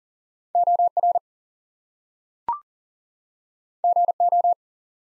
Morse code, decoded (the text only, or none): OR GO